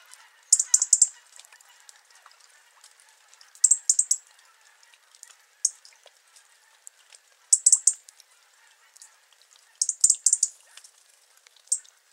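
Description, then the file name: European robin calling: tight bursts of high, sharp ticking notes come every couple of seconds, with faint crackling between the bursts. "Erithacus rubecula"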